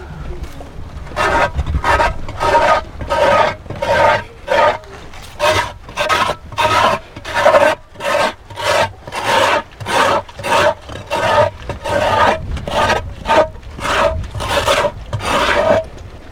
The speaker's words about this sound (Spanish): raspado, hay que redondearle bien al magallito, no hay que irle muy muy fuerte para que no lo acabemos luego. Todo más simplemente limpiarlo lo suficiente para que la siguiente aguamiel salga clarita, limpiecita.